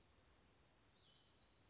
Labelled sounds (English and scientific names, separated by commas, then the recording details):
Black-throated Gray Warbler (Setophaga nigrescens)
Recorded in Sonoma County, California